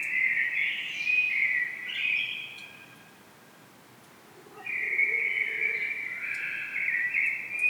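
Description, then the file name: Common blackbird, two long warbled phrases separated by a pause. "Turdus merula"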